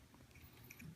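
A plastic panel on an X-Transbots Apollyon robot toy is rotated and folded down toward the inner forearm during transformation, with soft plastic rubbing and handling noise and a couple of light ticks near 0.7 and 0.8 seconds. Nothing has seated or clicked into place yet.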